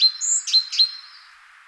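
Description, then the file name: Great tit giving a brief run of a few quick, clipped chirps over a steady background hiss. "Parus major"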